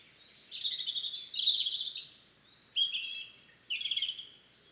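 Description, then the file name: European robin pouring out high song phrases of rapid trills, fine chattering, and thin slurred whistles, with little background sound. "Erithacus rubecula"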